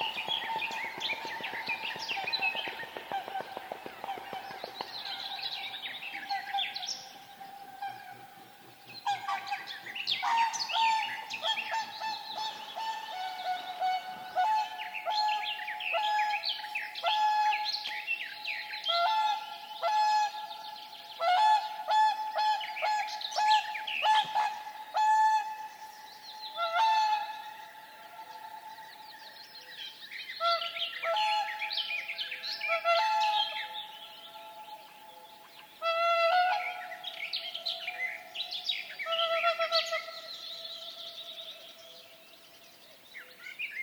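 Seasonal ambience filled with birdsong: several birds chirp and trill almost continuously, with bright quick phrases overlapping throughout. Under them runs a steady, sustained whistling tone that shifts pitch a few times, and a faint hiss of background noise persists.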